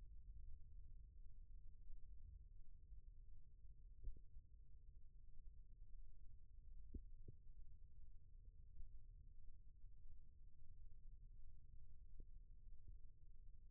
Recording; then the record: forearm muscle sounds (acoustic myography)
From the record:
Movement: rest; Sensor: system 1, eight BSWA MPA416 microphones around the upper forearm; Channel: 6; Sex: male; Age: 28 years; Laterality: right